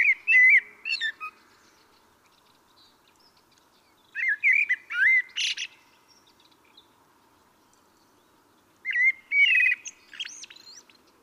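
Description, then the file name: Common blackbird singing three separate phrases, each with fluted warbling notes followed by a thin, high squeaky twitter, with quiet pauses between phrases. "Turdus merula"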